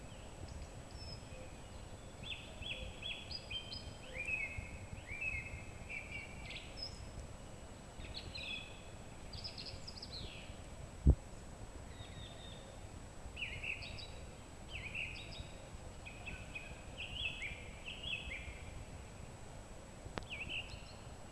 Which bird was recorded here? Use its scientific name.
Turdus philomelos